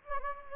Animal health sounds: mosquito wingbeat signal from an infrared sensor; Anopheles gambiae

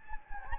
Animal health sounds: mosquito wingbeat signal from an infrared sensor; Anopheles gambiae

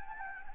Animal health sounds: mosquito wingbeat signal from an infrared sensor; Anopheles gambiae

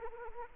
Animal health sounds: mosquito wingbeat signal from an infrared sensor; Anopheles arabiensis

